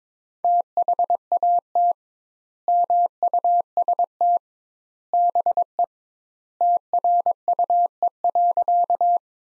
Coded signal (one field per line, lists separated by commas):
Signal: Morse code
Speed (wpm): 22 wpm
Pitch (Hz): 700 Hz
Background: none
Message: THAT MUST BE TRUE.